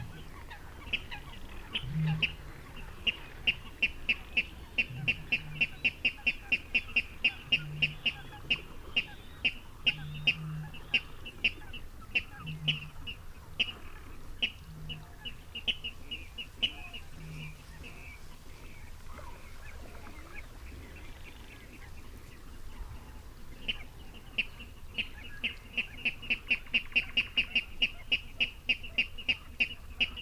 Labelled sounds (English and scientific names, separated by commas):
Water Rail (Rallus aquaticus)